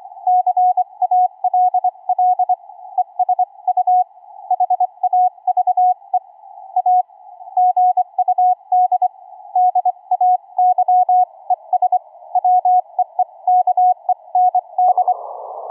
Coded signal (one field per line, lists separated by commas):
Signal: Morse code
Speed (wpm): 23 wpm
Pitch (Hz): 730 Hz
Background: none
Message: CALL ES U HAVE A GUD DAY ES WEEKEND